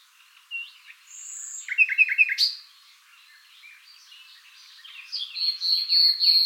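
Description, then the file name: Common nightingale song: a high whistled note, then fast repeated chirps and varied phrases, ending in loud rich notes. "Luscinia megarhynchos"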